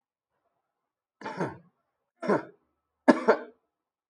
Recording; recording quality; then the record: shallow voluntary cough; excellent, no background noise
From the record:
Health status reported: healthy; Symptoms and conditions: none ticked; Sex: male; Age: 47 years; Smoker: not ticked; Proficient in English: yes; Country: India